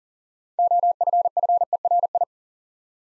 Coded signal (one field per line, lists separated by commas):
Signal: Morse code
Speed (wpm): 40 wpm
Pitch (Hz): 700 Hz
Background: none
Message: OFFERI